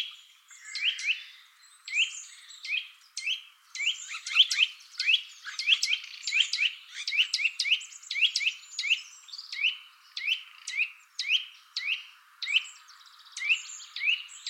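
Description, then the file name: Eurasian nuthatch calling with sharp, upward-flicking whistled notes, repeated about twice a second, sometimes doubled. "Sitta europaea"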